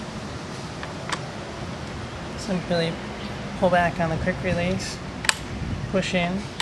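A core bit adapter with the bit mounted is handled at the quick release collar of an AGP TC20/TC40/TC402 tile core drill: the collar is pulled back and the adapter pushed in and turned so it locks. Someone talks over faint background hum, with small ticks near 0.8 s and 1.1 s and a sharp tick near 5.3 s. Nothing has seated yet.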